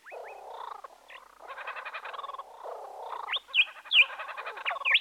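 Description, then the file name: Bird calls: harsh buzzy rattling phrases alternating with short upswept whistles, the whistles growing louder and more frequent toward the end. "Busy Birds"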